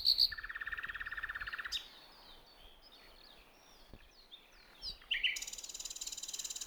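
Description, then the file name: Common nightingale song: a low buzzing trill lasting over a second, a quiet pause with chirps, then a loud sustained high rattling phrase. "Luscinia megarhynchos"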